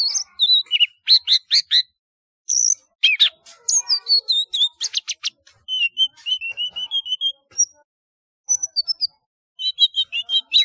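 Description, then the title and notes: Flycatcher song, a lively mix of high chirps, rapid trills and whistled notes near the top of the range, with short pauses between phrases. "Kicau Burung Sikatan"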